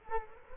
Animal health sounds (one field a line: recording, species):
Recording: mosquito wingbeat signal from an infrared sensor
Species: Culex quinquefasciatus